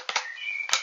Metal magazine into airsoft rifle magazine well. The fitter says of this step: Η γεμιστήρα κουμπώνει πολύ